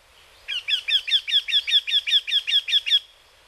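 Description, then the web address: Eurasian wryneck song: a steady series of about thirteen nasal, down-slurred notes lasting two and a half seconds, in a quiet background. Recorded in Hyogo. "koe arisui 0610 hyogo kaji"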